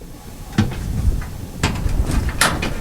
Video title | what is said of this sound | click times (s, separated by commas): GE Washer Will Not Spin Diagnoses And Repair | just snaps right in place just like that | 2.4 s